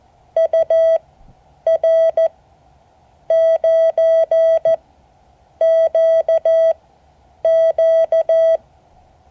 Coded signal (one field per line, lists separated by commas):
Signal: Morse code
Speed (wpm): 14 wpm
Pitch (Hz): 650 Hz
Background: none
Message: UR9QQ